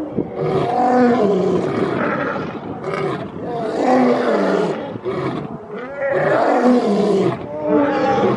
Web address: 2022 ene 09 Vecino del Zoo escucha cantar a los leones